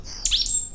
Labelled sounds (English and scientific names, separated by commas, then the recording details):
Stitchbird (Notiomystis cincta) song
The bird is a male
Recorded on Tiritiri Matangi Island, New Zealand, in 2005
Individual 17, of nest box 25